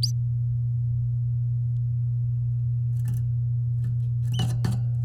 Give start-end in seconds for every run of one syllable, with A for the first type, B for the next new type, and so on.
0.02-0.11 A